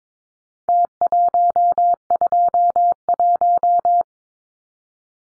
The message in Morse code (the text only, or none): T121